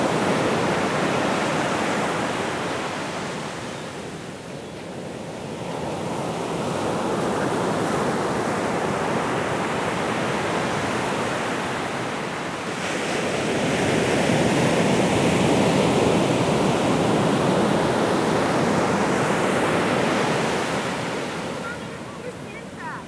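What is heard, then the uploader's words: Surf rolls onto a beach in a dense, continuous rush of hissing water. The roar swells and eases in long waves, dipping near five seconds, building to its fullest around fifteen seconds, then fading again toward the end. Beach Sounds. Rosalie and I hiked El Moro Canyon trail today and I also returned to the beach to make some recordings. This is one I made while walking along the beach.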